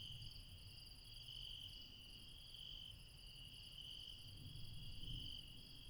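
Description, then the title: Insects trilling nonstop in high, ringing layers, a faint pulsing shimmer at the top, with a soft low rumble underneath. Late night, mountains, Refuge Krevatia, Barbala, Dion, Greece. "Refuge Krevatia, Μπαρμπαλά, Dion 601 00, Greece - Late night mountain insects"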